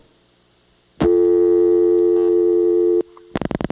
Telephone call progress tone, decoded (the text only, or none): dial tone